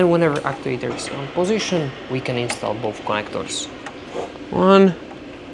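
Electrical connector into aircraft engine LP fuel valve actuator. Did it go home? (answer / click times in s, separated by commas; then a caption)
no / none. An electrical connector is being handled at an aircraft engine LP fuel valve actuator, with the actuator in position, while someone talks throughout. The first connector is about to be pushed on, but nothing has seated or clicked yet by the end of the clip.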